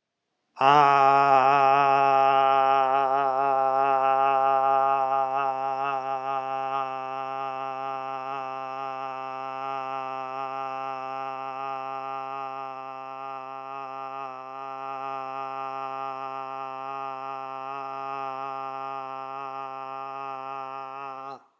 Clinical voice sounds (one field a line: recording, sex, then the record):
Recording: sustained vowel /a/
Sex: male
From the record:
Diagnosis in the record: healthy control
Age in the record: 68 years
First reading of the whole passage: 60 s, 8.7 characters per second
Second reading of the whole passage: 55 s, 9.3 characters per second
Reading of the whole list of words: 43 s, 6.5 characters per second